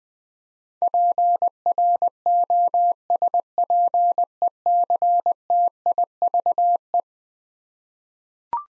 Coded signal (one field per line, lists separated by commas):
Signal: Morse code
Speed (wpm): 20 wpm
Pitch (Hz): 700 Hz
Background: none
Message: PROSPECTIVE